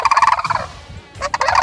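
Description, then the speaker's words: Sandhill Crane giving a loud rolling, rattling call in two bursts of rapid pulses, separated by a brief quieter pause. Played back on a radio show. "I'm Laura Diaz with Brody, and Brody thinks that sandhill cranes, you know, they make this sound."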